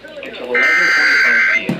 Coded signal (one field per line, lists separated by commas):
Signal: Emergency Alert System (SAME) tones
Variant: header bursts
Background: speech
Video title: Do I need to explain what it is, EAS#20